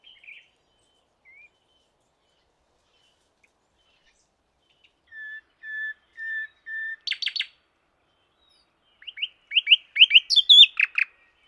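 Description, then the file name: Common nightingale singing: quiet notes, then long level piping whistles, a buzzy burst, and a loud run of rapid repeated chirps and sweeping notes. "Luscinia megarhynchos"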